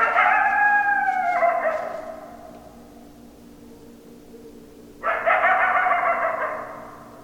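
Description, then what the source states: Coyote howls, two separate calls: a fading, gliding note at the start, then a quiet gap of several seconds before a second rough, sustained howl begins. Recorded on 10 December 2012.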